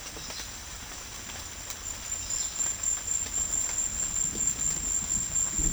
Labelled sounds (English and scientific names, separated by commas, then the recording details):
none
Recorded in secondary vegetation near Puerto Asís, Putumayo, Colombia, on 24 June 2025 at 17:30
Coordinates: 0.500, -76.326
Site GP08